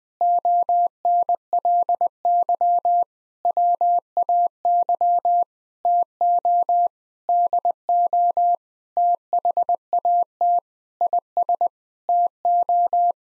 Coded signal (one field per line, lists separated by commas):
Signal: Morse code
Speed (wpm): 20 wpm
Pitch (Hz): 700 Hz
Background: none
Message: ONLY WAY TO DO THAT IS TO